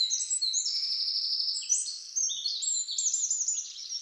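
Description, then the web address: Eurasian wren song: a sustained, high, energetic sequence of piercing notes and trills running throughout without a break. "SETE Troglodytes troglodytes"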